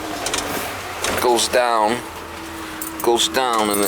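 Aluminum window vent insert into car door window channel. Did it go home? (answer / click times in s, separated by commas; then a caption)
no / none. A small aluminum window vent insert is handled and pushed down into a car door window channel so a dog cannot jump out, while someone talks. Brief knocks of handling come at about 0.3, 1.0 and 2.8 seconds. Nothing has seated or locked in place yet.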